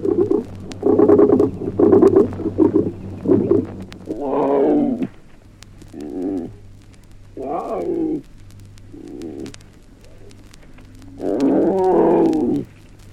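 Animal calls, a quick series of short pulsed cries followed by longer wavering harmonic calls at irregular intervals.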